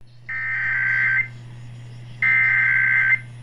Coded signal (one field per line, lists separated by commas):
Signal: Emergency Alert System (SAME) tones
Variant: header bursts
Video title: EAS 301- RMT on WWL